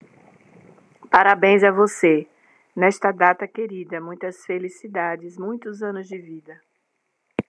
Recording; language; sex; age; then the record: short text; Brazilian Portuguese; female; 50 to 59 years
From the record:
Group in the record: control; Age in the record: 58 years